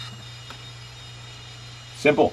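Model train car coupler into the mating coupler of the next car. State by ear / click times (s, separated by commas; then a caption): not seated / none. Two N scale Rapido TurboTrain model train cars are handled and lined up, one car's coupler set toward the mating coupler of the next, before being pressed together. A steady low hum runs under quiet handling, and someone talks briefly near the end. Nothing has clicked or seated yet.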